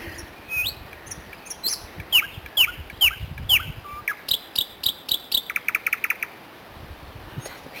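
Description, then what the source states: Bird calls: a series of quick downslurred whistled notes, then rapid high ticking chips, over faint low background noise. Recorded on Rügen.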